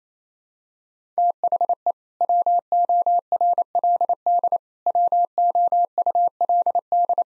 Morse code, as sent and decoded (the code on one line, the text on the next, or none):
- .... . / .-- --- .-. .-.. -.. / .-- --- ..- .-.. -..
THE WORLD WOULD